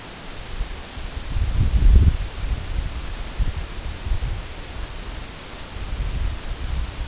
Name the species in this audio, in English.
none